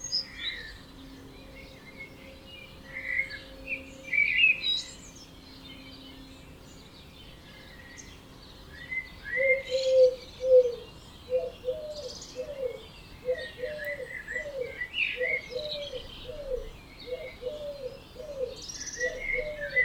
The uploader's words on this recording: Birds Oberhofen Inntal Austria - 4am - binaural version.